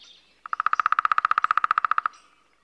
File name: Mindre hackspett